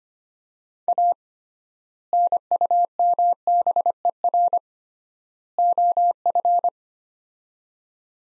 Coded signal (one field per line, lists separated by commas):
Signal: Morse code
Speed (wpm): 25 wpm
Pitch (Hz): 700 Hz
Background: none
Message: A NUMBER OF